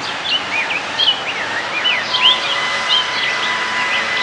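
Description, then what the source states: Rose-breasted grosbeak singing: sweet, slurred whistled phrases rising and falling, repeated throughout against steady background hiss and a constant faint hum. Recorded in 2006.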